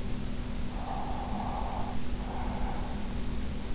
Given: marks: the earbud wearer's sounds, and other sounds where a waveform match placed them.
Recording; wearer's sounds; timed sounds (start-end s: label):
sounds in sleep by an in-ear microphone; breath
0.45-3.23 s: breath